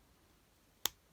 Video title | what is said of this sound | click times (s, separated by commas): Series 25 - Gunnar, Hotwire, Grimoire, Malik, Moisty Merman & TomatoHead Review - Jazwares Fortnite | and you can kind of hear the that one clicks in a little bit better the human head really Clicks in and stays there but | 0.9 s